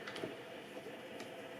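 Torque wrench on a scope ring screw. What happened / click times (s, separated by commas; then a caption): Torque wrench clicks at setting / 0.1 s, 0.2 s. A click-type torque wrench tightens a steel scope ring screw on a rifle base to 18 in-lb, working diagonally. Two sharp clicks at 0.1 s and 0.2 s show the wrench breaking over at its setting, followed by a fainter high tick around 1.2 s against a low steady background.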